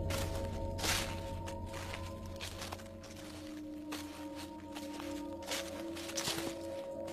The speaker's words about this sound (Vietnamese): Bởi lẽ ở ngoài sân có tiếng bước chân sột soạt.